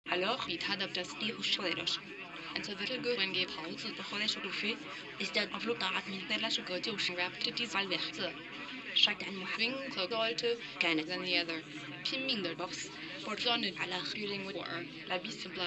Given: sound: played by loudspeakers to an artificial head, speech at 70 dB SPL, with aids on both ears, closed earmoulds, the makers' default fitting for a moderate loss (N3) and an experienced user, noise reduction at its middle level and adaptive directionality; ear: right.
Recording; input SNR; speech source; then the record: speech test signal (ISTS) in cocktail-party noise; +3 dB; on the right (90 degrees)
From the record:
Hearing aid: class 1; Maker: D